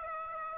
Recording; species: mosquito wingbeat signal from an infrared sensor; Aedes aegypti